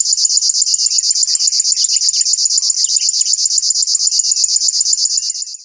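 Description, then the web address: River warbler song, a high mechanical sewing-machine buzz of fast, evenly spaced pulses, steady throughout. "chant jean roche locustelle fluviatile"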